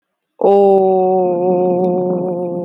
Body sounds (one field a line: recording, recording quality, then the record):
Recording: sustained vowel as in boot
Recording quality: excellent, no background noise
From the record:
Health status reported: exposed to COVID-19, no respiratory illness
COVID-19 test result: not tested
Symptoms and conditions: none ticked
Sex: female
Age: 20 years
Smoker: not ticked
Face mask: not worn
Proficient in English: yes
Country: India